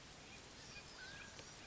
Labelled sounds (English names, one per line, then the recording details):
Mountain Quail
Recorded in Sonoma County, California